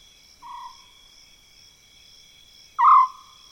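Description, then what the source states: African scops owl calls: a softer purring note, then a louder trilled one about two seconds later, with constant high-pitched insect drone behind. Mopane woodland, South Luangwa National Park, Zambia, African savanna; eerie calls; recorded with Zoom F6 recorder and Lom mikroUsi Pro microphones.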